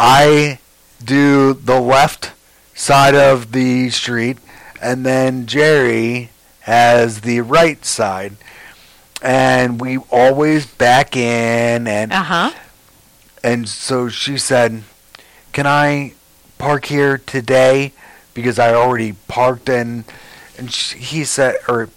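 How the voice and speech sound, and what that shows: An adult stroke survivor with aphasia tells a short story about handicap parking in halting speech, broken by frequent half-second pauses, drawn-out filler sounds and a repeated "and and". Sentences stay simple and trail off unfinished, a word-finding, non-fluent pattern that fits aphasia after stroke.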